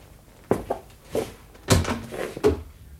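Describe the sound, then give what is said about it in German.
A door is opened with a series of four sharp wooden clunks and rattles, spaced unevenly over a few seconds, each with a short creaky tail. No one speaks. “Da ist jemand an der Tür.”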